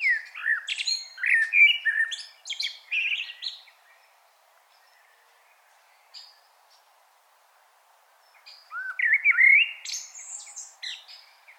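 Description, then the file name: Common blackbird song: a phrase of low, fluty warbling with high squeaky flourishes, a quiet gap, then another similar rich whistled phrase. "Turdus merula"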